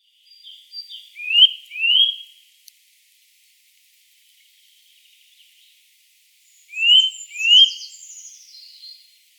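Eurasian nuthatch giving short rising whistled notes, a pair early and another pair later, with fainter notes before and after.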